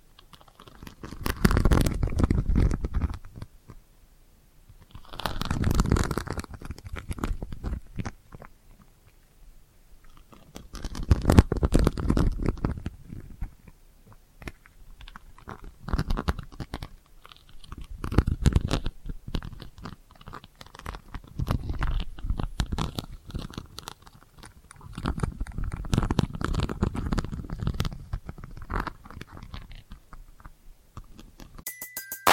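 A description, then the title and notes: Delicate scratching comes in rough, crunchy bursts every few seconds, each lasting one to three seconds, separated by near-silent pauses. ASMR Delicate Scratching for Sleep (No Talking).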